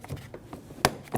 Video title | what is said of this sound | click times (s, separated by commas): How to Replace Side View Mirrors 2008-2015 Scion xB | It's going to push up into the bracket and then lock down. | 0.9 s